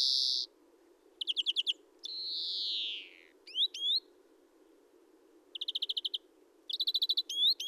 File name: Chloris chloris